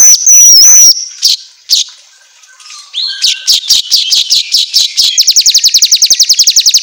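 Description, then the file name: Asian golden weaver song: a loud thin whistle, a pause, then dry ticking notes that speed up into a fast, even, buzzy trill. Song made for training songbirds, labelled 'auto gacor'. "Suara Kicau Manyar Kepala Emas Auto Gacor"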